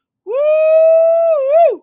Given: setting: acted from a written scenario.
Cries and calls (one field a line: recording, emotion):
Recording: vocal sound without words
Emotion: elation